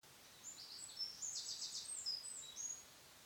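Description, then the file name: Eurasian wren giving a scatter of high, thin chips with a short, rapid buzzy trill in the middle, fairly faint against a soft background hiss. "Troglodytes troglodytes"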